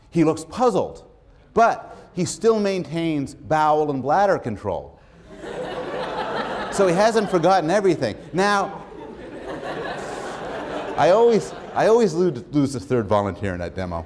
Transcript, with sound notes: He looks puzzled but he still maintains bowel and bladder control so he hasn't forgotten everything. [laughter] Now, I always lose the third volunteer in that demo.